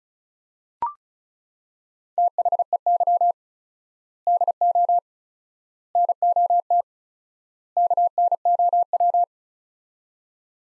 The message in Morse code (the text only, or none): THEY DO NOT KNOW